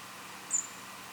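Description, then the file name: European robin giving a single very high, thin tseep note, brief and slightly wavering, over a low steady hiss. "Erithacus rubecula"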